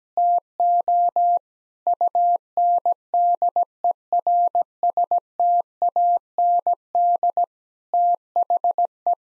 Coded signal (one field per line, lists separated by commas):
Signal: Morse code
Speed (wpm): 17 wpm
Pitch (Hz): 700 Hz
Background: none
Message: TO UNDERSTAND THE